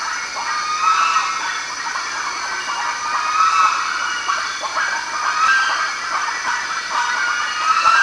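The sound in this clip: Bird calls, a continuous chattering crowd with occasional brief whistled notes standing out, beneath a steady high-pitched hum and hiss.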